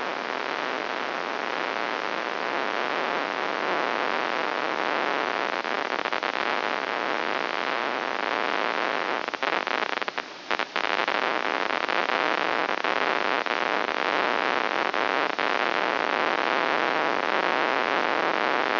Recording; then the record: brain microelectrode recording played as sound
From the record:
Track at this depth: inside the subthalamic nucleus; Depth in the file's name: 4.265 mm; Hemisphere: left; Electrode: 2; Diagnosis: Parkinson's disease